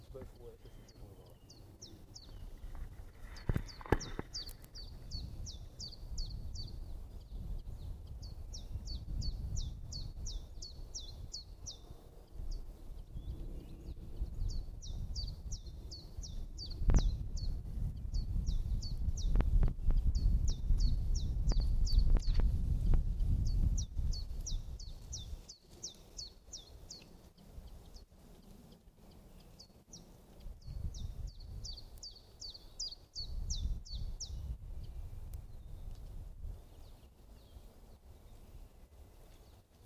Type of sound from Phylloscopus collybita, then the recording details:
song. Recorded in the wild. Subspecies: collybita. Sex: male. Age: adult. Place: Spitzberg, Tübingen, Baden-Württemberg, DE. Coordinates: 48.5167, 9.01667. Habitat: forest. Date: 1969-04-21 12:00. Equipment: Nagra III PH, MD 421, Windschutz, LGS26. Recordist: Faber, A., Nedo and Schneider, H.-J. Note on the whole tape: Testaufnahmen mit MD421 + Windschutz. MaAs: R.V